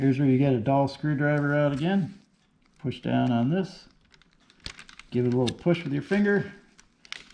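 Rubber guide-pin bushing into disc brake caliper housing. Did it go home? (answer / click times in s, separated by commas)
yes / 7.1 s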